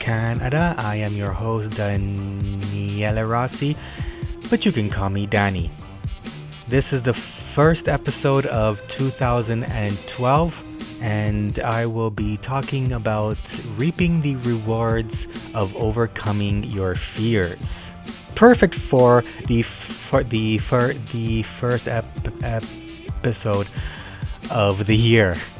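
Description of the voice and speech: A low-pitched adult male voice, speaking from Toronto, talks mostly fluently, then stutters near the end: repeated part-words and restarts ('the fir- the fir- the first e-e- pisode') with stretched sounds and a brief block. These repetitions and prolongations are typical of developmental stuttering.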